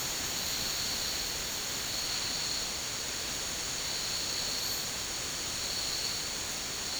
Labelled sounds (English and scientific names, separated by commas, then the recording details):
none
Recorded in dense forest near Puerto Asís, Putumayo, Colombia, on 21 March 2025 at 12:30
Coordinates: 0.485, -76.318
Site G056